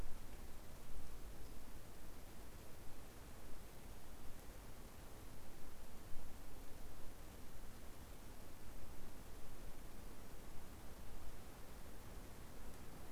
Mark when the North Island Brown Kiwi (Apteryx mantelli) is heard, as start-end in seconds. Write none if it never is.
none